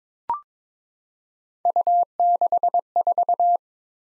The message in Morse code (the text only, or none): U64